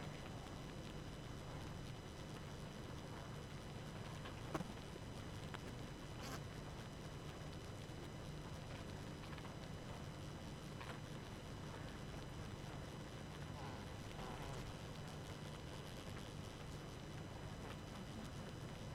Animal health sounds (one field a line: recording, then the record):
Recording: honeybee colony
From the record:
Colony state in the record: active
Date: 12 June 2018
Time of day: 23:22